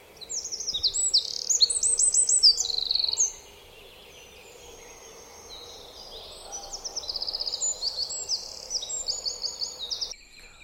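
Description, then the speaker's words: Eurasian Wren song: two long bursts of very high, rapid trills and shrill notes, the second quieter, separated by a short pause. Heard in winter; overwinters by streams and small rivers; described as one of Europe's smallest birds. "posłuchajmy głosu strzyżyka."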